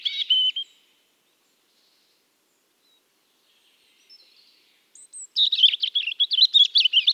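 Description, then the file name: European robin: a short sweet note cluster, a long silence, then a rapid warbling run of wavering high notes. "Erithacus rubecula"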